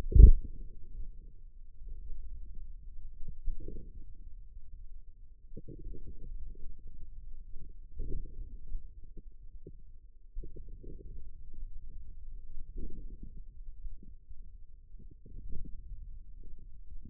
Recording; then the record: forearm muscle sounds (acoustic myography)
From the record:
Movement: outward rotation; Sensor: system 2, bracelet of six BSWA MPA416 microphones around the upper forearm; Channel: 3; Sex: male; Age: 22 years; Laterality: right